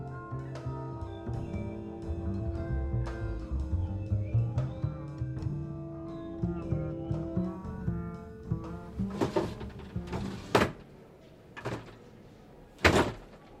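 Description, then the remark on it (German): Drawers, two of them locked, are tugged and rattled without opening, a run of short wooden knocks and clatters ending in two sharp, loud jolts, over a soft, steady musical background. “Zwei der Schubladen sind verschlossen.”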